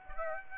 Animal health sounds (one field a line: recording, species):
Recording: mosquito wingbeat signal from an infrared sensor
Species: Aedes aegypti